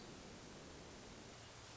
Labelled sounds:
Hermit Thrush

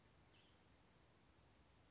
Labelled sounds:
Western Flycatcher

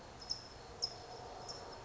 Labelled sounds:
California Towhee

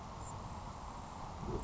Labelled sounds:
Grasshopper Sparrow

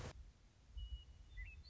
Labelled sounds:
Western Meadowlark

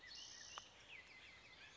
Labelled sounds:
Spotted Towhee

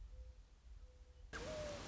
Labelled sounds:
Mourning Dove

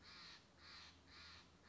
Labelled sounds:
Steller's Jay

